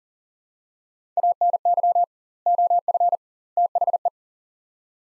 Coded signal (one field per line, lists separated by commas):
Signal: Morse code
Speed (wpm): 40 wpm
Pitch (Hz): 700 Hz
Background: none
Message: ANY OF THE